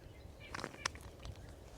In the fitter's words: start to click see